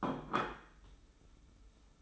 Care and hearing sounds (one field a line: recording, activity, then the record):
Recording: daily activity, microphone in the room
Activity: place plate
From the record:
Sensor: 1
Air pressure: 990.8 hPa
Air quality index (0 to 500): 132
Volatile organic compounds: 421 ppm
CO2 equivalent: 4705 ppm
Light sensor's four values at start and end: 23/54/23/25 and 23/54/23/25